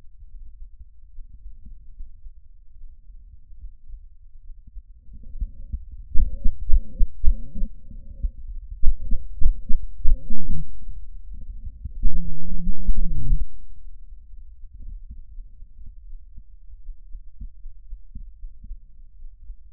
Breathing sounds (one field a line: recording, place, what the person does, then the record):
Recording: lung sounds by stethoscope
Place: trachea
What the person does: quiet breathing, then cough and speech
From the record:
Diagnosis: asthma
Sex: female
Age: 66 years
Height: 172 cm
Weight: 76 kg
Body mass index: 25.7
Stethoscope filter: bell mode